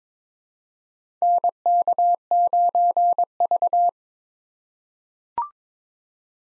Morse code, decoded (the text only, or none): NK9V